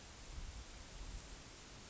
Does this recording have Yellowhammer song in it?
no